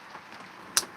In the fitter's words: Yeah. What a nice satisfying click.